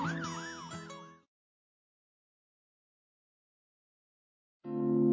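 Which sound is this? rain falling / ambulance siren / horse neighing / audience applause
ambulance siren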